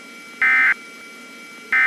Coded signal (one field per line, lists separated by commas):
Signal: Emergency Alert System (SAME) tones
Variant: end-of-message bursts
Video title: *VALID TONES* Thanksgiving EAS Scenario: "11/24/16"